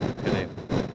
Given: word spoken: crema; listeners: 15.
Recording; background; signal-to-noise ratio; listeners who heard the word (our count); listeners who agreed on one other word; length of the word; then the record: one Spanish word in noise, from a listening test; noise modulated by three-talker babble; -5.2 dB; 2 of 15; 7 of 15; 0.54 s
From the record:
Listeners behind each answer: 7, 2, 1, 1, 1, 1, 1, 1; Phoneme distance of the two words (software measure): 17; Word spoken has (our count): 2 syllables, 5 phonemes, stress on syllable 1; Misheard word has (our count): 2 syllables, 4 phonemes, stress on syllable 1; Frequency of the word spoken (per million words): 23.33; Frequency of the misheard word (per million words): 213.05